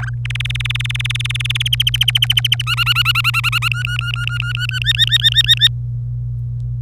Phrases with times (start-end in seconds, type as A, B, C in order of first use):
0.00-0.09 A, 0.25-1.68 B, 1.73-2.62 C, 2.67-3.68 D, 3.71-4.79 E, 4.81-5.68 F